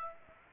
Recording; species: mosquito wingbeat signal from an infrared sensor; Aedes aegypti